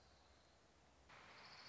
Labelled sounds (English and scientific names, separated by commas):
Orange-crowned Warbler (Leiothlypis celata)